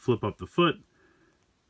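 Someone talks while handling a plastic Studio Series Core Class Decepticon Frenzy transforming action figure, flipping up the foot as the leg part is about to pop up into its slot. After the talking stops there is only faint, quiet handling noise with a small tick near 1.4 s. The part has not seated or clicked into place yet.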